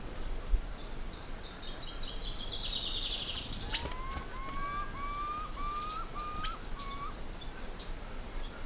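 Bird call: a run of five or six short upslurred notes, evenly repeated about every half second, after a thin high whistle, with a steady hiss behind.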